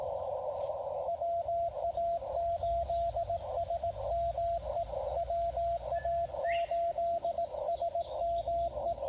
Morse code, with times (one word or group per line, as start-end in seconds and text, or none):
1.1-4.8 WA8SME
5.2-8.9 WA8SME